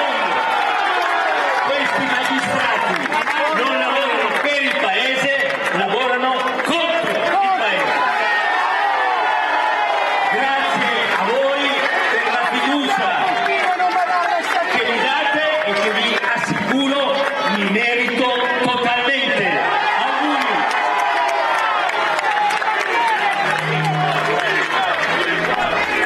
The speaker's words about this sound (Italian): Questo dunque quanto sta accadendo fuori dal Tribunale di Milano tra bandiere, cori e applausi all'uscita del Premier Berlusconi